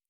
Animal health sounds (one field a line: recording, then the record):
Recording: hydrophone in a shrimp aquaculture tank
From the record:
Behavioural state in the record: normal